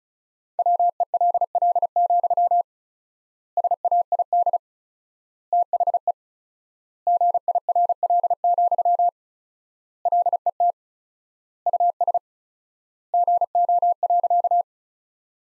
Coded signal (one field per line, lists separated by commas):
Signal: Morse code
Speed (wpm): 36 wpm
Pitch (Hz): 700 Hz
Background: none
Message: WELL, SAID THE GIRL, LET US GO.